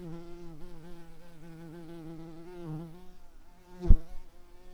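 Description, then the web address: Red-tailed bumblebee wing buzz: a steady low harmonic drone wavering slightly in pitch, fading briefly near three seconds, with a short thump near the end. Workers. "Lapidarius workers"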